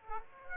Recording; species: mosquito wingbeat signal from an infrared sensor; Aedes aegypti